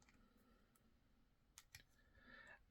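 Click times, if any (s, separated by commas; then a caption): 1.6 s, 1.8 s. A Lightning or USB-C connector adapter is popped into the slide-in port on the back of an AnkerWork M650 wireless microphone receiver and twisted until it locks in place. Two small, sharp clicks are heard at 1.6 s and 1.8 s over faint background noise. The adapter is seated and locked in the receiver.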